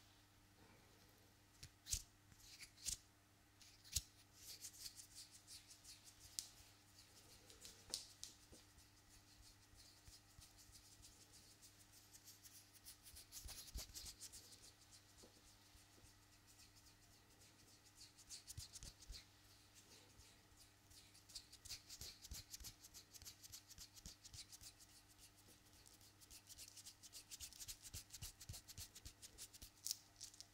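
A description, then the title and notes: Hands with long nails move, making sharp clicks and taps scattered throughout, with bursts of quick scratching and rubbing near 4, 14, 20 and 28 seconds. A steady low hum runs underneath. ASMR Hands Sounds Movements Long Nails.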